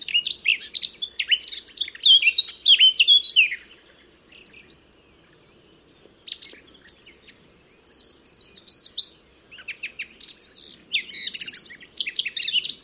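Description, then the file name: Eurasian blackcap warbling in quick tumbling bursts of whistles and twitters, with a silent pause midway before the song resumes. "Sylvia atricapilla"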